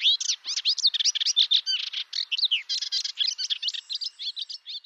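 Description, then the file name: Melodious warbler song: a quick, lively jumble of twittering, sweeping and chattering notes, poured out continuously. "Hypolais polyglotte"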